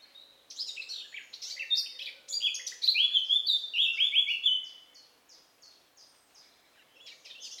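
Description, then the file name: Eurasian blackcap song: a scratchy chattering warble building into loud, clear fluted whistles that drop slightly, then fading to softer notes near the end. "Sylvia atricapilla"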